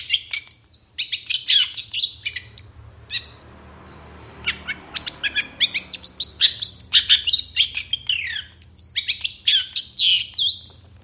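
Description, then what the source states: Long-tailed Shrike singing two runs of rasping notes mixed with clear slurred whistles, separated by a short pause, with a low steady hum underneath. Long-tailed shrike in full, varied song with 'toet toet' notes, recorded in the morning; meant to make other shrikes respond and sing.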